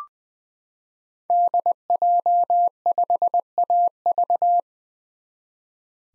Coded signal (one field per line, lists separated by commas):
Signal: Morse code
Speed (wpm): 21 wpm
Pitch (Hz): 700 Hz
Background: none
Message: DJ5AV